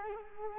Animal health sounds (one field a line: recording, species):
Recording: mosquito wingbeat signal from an infrared sensor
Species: Culex quinquefasciatus